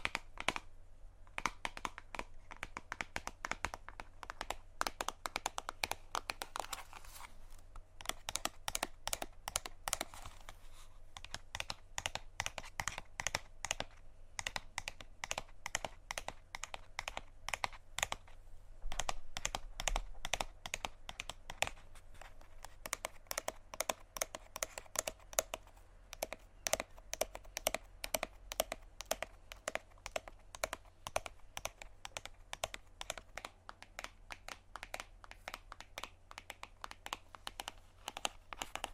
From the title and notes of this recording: ASMR Tapping On Random Objects.